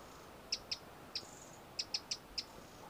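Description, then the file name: Eurasian wren uttering seven crisp, high tick notes spaced irregularly across a few seconds, against a quiet hiss. "Troglodytes troglodytes"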